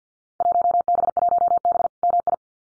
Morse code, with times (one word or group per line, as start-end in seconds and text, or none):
0.4-1.9 1B1B
2.0-2.3 MI